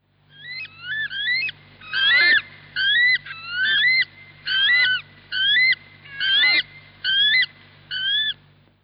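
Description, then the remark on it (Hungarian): A weka, a rare, endangered New Zealand bird, calls in a steady series of about nine loud, shrill, rising whistles, each a quick upslurred coo-eet repeated at a regular pace, with a low hum underneath. “Vekának, vagy vekaguvatnak nevezik, és egy kihalófélben lévő rendkívül ritka madár, a hangja is eléggé különleges.”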